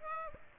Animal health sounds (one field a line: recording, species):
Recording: mosquito wingbeat signal from an infrared sensor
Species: Aedes aegypti